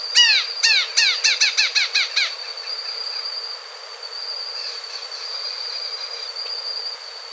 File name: Canto do abre asa de cabeca cinza